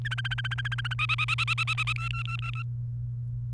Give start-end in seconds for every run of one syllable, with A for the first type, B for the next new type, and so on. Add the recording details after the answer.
0.05-0.94 A, 0.99-1.93 B, 1.96-2.63 C. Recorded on 29 April 2018 at 12:47. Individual llb3